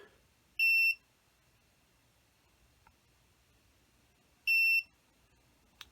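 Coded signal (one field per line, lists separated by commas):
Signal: alarm pattern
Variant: VIFLY Finder drone buzzer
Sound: two short high-pitched beeps about four seconds apart, then a click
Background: quiet room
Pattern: 2 short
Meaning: Pre-alarm beeping after unplugging, before the full-volume alarm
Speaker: and it will go into that pre-alarm mode again for 30 seconds.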